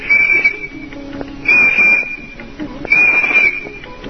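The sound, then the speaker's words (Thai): Three shrill whistles blown with fingers in the mouth in the middle of a forest, each a steady high-pitched blast about half a second long, evenly spaced with pauses between, loud over a faint background hiss. “เอามือใส่ปากเป่าทำไมอ่ะเสียงวิดวีด3ครั้งดูเหมือนเสียงจะดังไปไกลมากทีเดียว”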